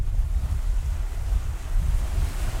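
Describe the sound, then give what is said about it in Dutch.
Mediterranean Sea waves wash and roar in a steady, continuous rush on the coast at Nador, a fishing town in northern Morocco, with a heavy low rumble and wind buffeting the microphone; no one speaks. “Aan de Middellandse Zee ligt de vissersstad Nador.”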